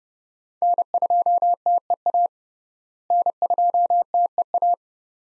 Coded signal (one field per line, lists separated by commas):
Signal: Morse code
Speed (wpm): 30 wpm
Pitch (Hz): 700 Hz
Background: none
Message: N2TEA N2TEA